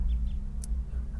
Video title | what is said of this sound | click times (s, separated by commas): Como instalar controles al volante en nissan | Se escucha el clic, | 0.6 s